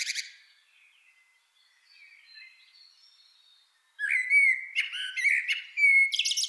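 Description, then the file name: Common blackbird song: soft, faint warbling at first, then a loud run of clear fluted whistles mixed with high squeaky twitters. "Turdus merula"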